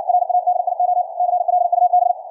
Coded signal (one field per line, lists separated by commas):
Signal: Morse code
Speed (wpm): 60 wpm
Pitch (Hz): 720 Hz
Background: none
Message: RADIO CLUB